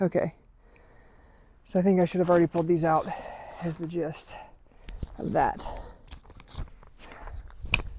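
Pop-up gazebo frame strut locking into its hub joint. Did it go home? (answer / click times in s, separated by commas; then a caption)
yes / 7.7 s. A pop-up CROWN SHADES 13x13 gazebo frame strut is pulled out while raising the gazebo, locking into its hub joint with a loud, sharp snap at 7.7 s. Before that, someone talks, and quieter scraping and clicking frame noises follow. The joint snaps into place and seats.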